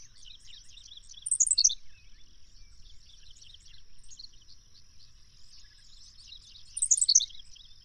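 Bird song: very high rapid descending phrases near the start and end, with softer twittering in between over a steady hiss.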